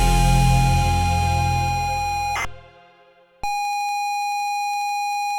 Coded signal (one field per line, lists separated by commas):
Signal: ZX Spectrum tape loading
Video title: ZX Spectrum Loading Screen (AI 9)